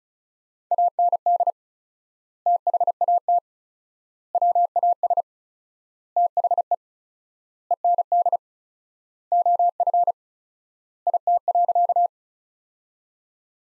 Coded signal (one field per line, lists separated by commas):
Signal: Morse code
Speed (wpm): 36 wpm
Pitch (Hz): 700 Hz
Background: none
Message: AND THAT WAS THE END OF IT.